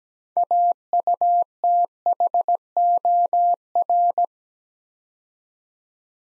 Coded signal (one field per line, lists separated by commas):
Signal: Morse code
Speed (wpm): 17 wpm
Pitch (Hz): 700 Hz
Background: none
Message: AUTHOR